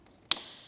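While removing the front bumper of an Audi RS4, a weatherproof plastic multi-pin plug linking the body harness to the bumper harness is pushed together and its locking clip is pressed with the thumb. The clip gives one sharp, bright click at 0.3 s, followed by a short fading ring. The clip clicks open, releasing the plug so it can be pulled apart from its body-side connector.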